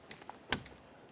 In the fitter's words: Listen for a click from that.